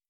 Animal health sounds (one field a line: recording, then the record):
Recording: hydrophone in a shrimp aquaculture tank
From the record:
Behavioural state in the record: starved